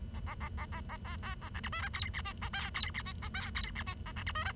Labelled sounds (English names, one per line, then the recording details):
Bengalese Finch song
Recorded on 23 June 2012 at 08:46
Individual gr41rd51